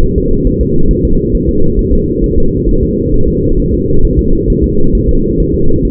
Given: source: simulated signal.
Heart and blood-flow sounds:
fetal heart sounds
0.04 s: S1
0.18 s: S2
0.47 s: S1
0.61 s: S2
0.91 s: S1
1.05 s: S2
1.35 s: S1
1.49 s: S2
1.79 s: S1
1.93 s: S2
2.24 s: S1
2.38 s: S2
2.69 s: S1
2.83 s: S2
3.14 s: S1
3.28 s: S2
3.60 s: S1
3.74 s: S2
4.05 s: S1
4.19 s: S2
4.50 s: S1
4.64 s: S2
4.95 s: S1
5.09 s: S2
5.40 s: S1
5.54 s: S2
5.85 s: S1
From the record:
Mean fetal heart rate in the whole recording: 135 bpm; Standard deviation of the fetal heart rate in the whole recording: 3 bpm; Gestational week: 36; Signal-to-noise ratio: -19.1 dB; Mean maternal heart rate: 72 bpm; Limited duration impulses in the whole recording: present

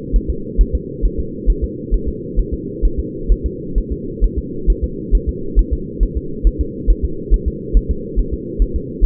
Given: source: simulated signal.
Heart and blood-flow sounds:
fetal heart sounds
0.16 s: S1
0.30 s: S2
0.61 s: S1
0.75 s: S2
1.05 s: S1
1.19 s: S2
1.50 s: S1
1.64 s: S2
1.94 s: S1
2.08 s: S2
2.39 s: S1
2.54 s: S2
2.85 s: S1
2.99 s: S2
3.32 s: S1
3.46 s: S2
3.78 s: S1
3.92 s: S2
4.24 s: S1
4.38 s: S2
4.70 s: S1
4.84 s: S2
5.15 s: S1
5.29 s: S2
5.59 s: S1
5.73 s: S2
6.03 s: S1
6.17 s: S2
6.47 s: S1
6.61 s: S2
6.90 s: S1
7.05 s: S2
7.34 s: S1
7.48 s: S2
7.77 s: S1
7.91 s: S2
8.19 s: S1
8.34 s: S2
8.62 s: S1
8.76 s: S2
9.05 s: S1
From the record:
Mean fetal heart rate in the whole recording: 135 bpm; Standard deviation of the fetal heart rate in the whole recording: 3 bpm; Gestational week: 36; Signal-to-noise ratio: -4.3 dB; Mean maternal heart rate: 72 bpm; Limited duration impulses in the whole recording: absent

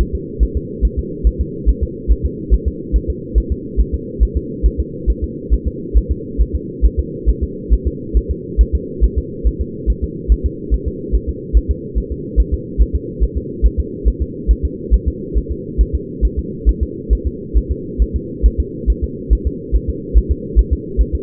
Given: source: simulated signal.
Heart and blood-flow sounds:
fetal heart sounds
0.01 s: S1
0.15 s: S2
0.43 s: S1
0.57 s: S2
0.85 s: S1
0.99 s: S2
1.27 s: S1
1.41 s: S2
1.69 s: S1
1.83 s: S2
2.12 s: S1
2.26 s: S2
2.54 s: S1
2.68 s: S2
2.96 s: S1
3.10 s: S2
3.38 s: S1
3.52 s: S2
3.81 s: S1
3.94 s: S2
4.23 s: S1
4.37 s: S2
4.66 s: S1
4.80 s: S2
5.10 s: S1
5.24 s: S2
5.54 s: S1
5.68 s: S2
5.98 s: S1
6.11 s: S2
6.42 s: S1
6.56 s: S2
6.86 s: S1
7.00 s: S2
7.30 s: S1
7.44 s: S2
7.73 s: S1
7.87 s: S2
8.17 s: S1
8.31 s: S2
8.61 s: S1
8.75 s: S2
9.04 s: S1
9.18 s: S2
9.47 s: S1
9.61 s: S2
9.90 s: S1
10.04 s: S2
10.32 s: S1
10.46 s: S2
10.74 s: S1
10.88 s: S2
11.15 s: S1
11.29 s: S2
11.57 s: S1
11.71 s: S2
11.98 s: S1
12.12 s: S2
12.40 s: S1
12.54 s: S2
12.81 s: S1
12.96 s: S2
13.24 s: S1
13.37 s: S2
13.66 s: S1
13.80 s: S2
14.08 s: S1
14.22 s: S2
14.51 s: S1
14.65 s: S2
14.94 s: S1
15.08 s: S2
15.38 s: S1
15.52 s: S2
15.81 s: S1
15.95 s: S2
16.25 s: S1
16.39 s: S2
16.69 s: S1
16.83 s: S2
17.13 s: S1
17.27 s: S2
17.57 s: S1
17.71 s: S2
18.02 s: S1
18.16 s: S2
18.46 s: S1
18.60 s: S2
18.90 s: S1
19.04 s: S2
19.33 s: S1
19.47 s: S2
19.76 s: S1
19.90 s: S2
20.18 s: S1
20.31 s: S2
20.59 s: S1
20.73 s: S2
21.01 s: S1
21.15 s: S2
From the record:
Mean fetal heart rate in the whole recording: 140 bpm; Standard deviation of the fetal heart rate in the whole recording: 2 bpm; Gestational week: 34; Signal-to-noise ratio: -4.1 dB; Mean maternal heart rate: no maternal heart sound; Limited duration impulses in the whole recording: absent

